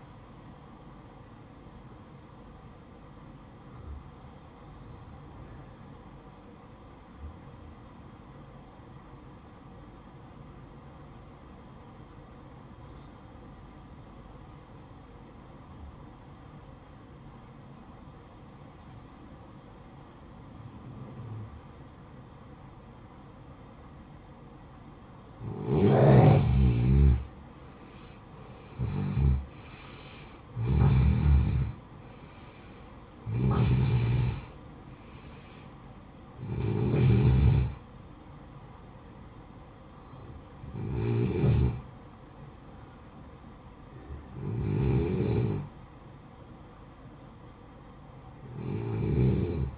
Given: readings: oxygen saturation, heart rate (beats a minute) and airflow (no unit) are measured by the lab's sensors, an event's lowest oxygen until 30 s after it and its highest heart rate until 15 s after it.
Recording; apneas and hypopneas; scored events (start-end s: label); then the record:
breathing in sleep by a smartphone at the bedside; 1
5.00-27.10 s: obstructive apnea (N1, oxygen 94% highest, then 88% lowest, heart rate 57 at the start, 70 highest)
From the record:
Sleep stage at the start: N1 (lightest sleep); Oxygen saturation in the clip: 88 to 94%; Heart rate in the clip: 54 to 73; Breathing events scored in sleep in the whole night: 573 in 9.8 hours asleep